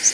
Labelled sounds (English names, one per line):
Kentucky Warbler flight call